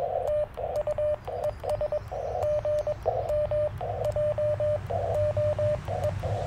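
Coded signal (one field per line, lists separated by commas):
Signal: Morse code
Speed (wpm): 22 wpm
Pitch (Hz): 600 Hz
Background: radio noise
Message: TU ES GM JOE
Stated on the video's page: CW Parks on the Air activation at Tuskegee National Forest with a Yaesu FT-817ND, later a Yaesu FT-891 for more power, in rough band conditions.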